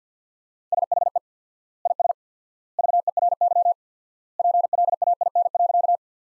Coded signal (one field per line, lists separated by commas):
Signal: Morse code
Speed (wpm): 45 wpm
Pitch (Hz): 700 Hz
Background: none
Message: SHE IS VERY PLAIN.